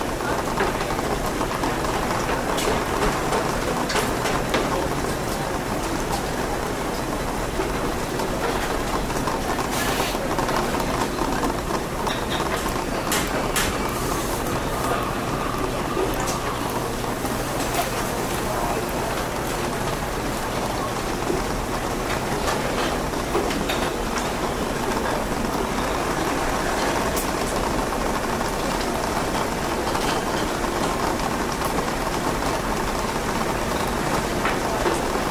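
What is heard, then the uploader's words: Coffee shop chatter fills a steady, dense wash of murmuring voices over a low hum, with frequent small clinks of cups scattered throughout. The soothing sounds of a cozy coffee shop on a rainy day. The background chatter of other customers, the clinking of cups and saucers, and the gentle hum of the coffee machines all create a warm and welcoming atmosphere. The sound of rain tapping against the window.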